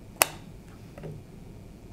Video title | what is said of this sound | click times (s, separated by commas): Introducing the Garmin Dezl 760 Trucking and RV GPS with GPS City | now that this is clipped into place we could position it so we could see it | 0.2 s